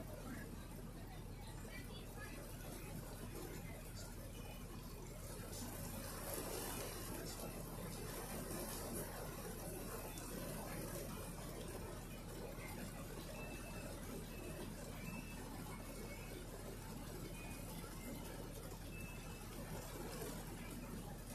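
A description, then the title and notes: A bus ride with a steady low engine rumble and a constant dense hiss of rain and road noise, with faint chatter throughout. Rainy Bus Ride.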